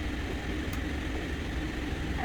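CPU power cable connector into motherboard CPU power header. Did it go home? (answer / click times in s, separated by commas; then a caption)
no / none. A CPU power cable with a blue-ended connector is pushed into the CPU power header on the side of a motherboard. Only a steady, low rumbling background is heard, with no distinct click or sharp transient. Nothing has clicked or seated audibly, though the plug feels like it is in.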